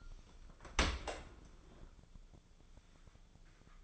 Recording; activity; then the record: daily activity, microphone in the room; open dishwasher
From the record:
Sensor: 5